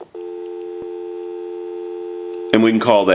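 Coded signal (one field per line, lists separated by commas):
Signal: telephone call progress tone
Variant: North America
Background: speech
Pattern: dial tone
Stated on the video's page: Telephone tone heard during the initial checkout and repair of a Northern Electric 302 rotary desk telephone.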